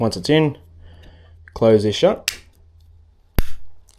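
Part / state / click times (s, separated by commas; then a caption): hinged lid of a cable quick-connect terminal block closing onto the wires / seated / 3.4 s, 3.9 s. Someone talks as stripped cables for a downlight sit in a plastic quick-connect terminal block, then its hinged lid is pressed shut by hand onto the wires. A sharp click at 3.4 s and a fainter one at 3.9 s mark each side latching, and the lid is seated.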